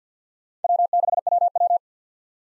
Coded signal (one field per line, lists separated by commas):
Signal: Morse code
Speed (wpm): 50 wpm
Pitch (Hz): 700 Hz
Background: none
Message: W6WW